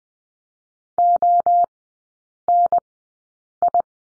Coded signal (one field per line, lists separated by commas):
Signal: Morse code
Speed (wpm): 20 wpm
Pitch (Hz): 700 Hz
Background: none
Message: ONI